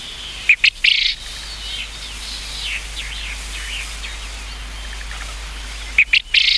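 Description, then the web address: Japanese quail uttering a harsh, stuttered three-part call at the start and again about five and a half seconds later, over faint chirping birds. "sikioto. uzura"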